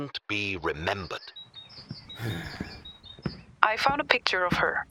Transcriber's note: the man sighs and walks off